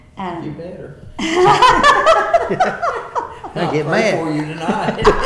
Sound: laughter

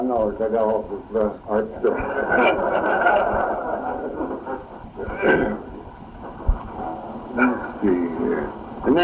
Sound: laughing

